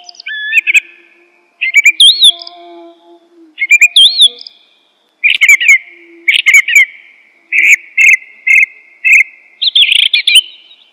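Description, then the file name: Bird song of varied chirps and whistled upslurs, with repeated short twittering phrases in quick bursts. "burungasing"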